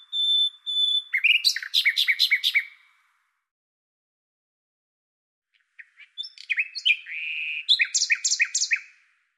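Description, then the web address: Common nightingale song opening with pure whistled notes, then a buzzy run of rapid repeated notes; after a pause another jumbled, rattling phrase follows. "Deverinetal 2025"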